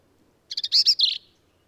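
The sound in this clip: Black-capped vireo giving a single quick phrase of stuttered ticks leading into burry, squeaky slurred notes.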